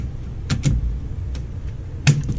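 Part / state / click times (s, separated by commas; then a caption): pistol frame into carbine conversion unit / seated / 2.1 s. A Glock pistol frame's rails are set into the cutouts of a MechTech CCU carbine conversion upper, then pushed down hard and slid forward. A few small knocks and scrapes come at about 0.5, 0.7 and 1.4 seconds. A sharp, loud click at 2.1 seconds is the frame locking into the carbine conversion unit.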